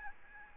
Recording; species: mosquito wingbeat signal from an infrared sensor; Aedes albopictus